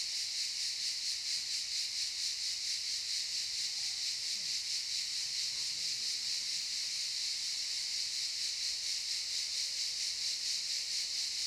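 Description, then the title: Cicada song forms an unbroken shrill hiss, a chorus pulsing gently a couple of times per second, with a few faint low sounds underneath. Cicadas in the pine forest of a campsite at Albinia, Grosseto, Tuscany, Italy. "Camping Africa, Via Aurelia, Albinia, Grosseto, Toscana, , Italia - Cicale nel campeggio"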